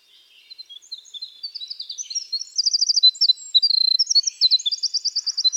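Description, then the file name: Winter wren song building from soft high notes into loud, fast, evenly pulsed trills and tinkling phrases that continue to the end. "Troglodytes hiemalis - Winter Wren"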